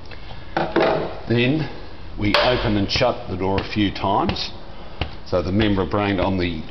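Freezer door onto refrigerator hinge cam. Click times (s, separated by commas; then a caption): 0.6 s. The freezer door of a caravan fridge is slid over the refrigerator hinge cam and dropped down until it clicks into place, with a sharp click at 0.6 s. Someone talks throughout the rest of the clip.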